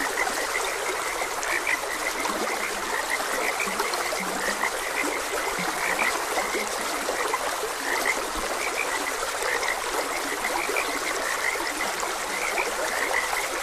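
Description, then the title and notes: Frogs calling together in rapid, overlapping high croaks, some lower croaks now and then, set against continuous babbling stream water. Frogs croaking beside a gentle stream. "Gentle Stream and Frogs Croaking - Calming Sounds of Nature. Sleep and Relaxation Podcast"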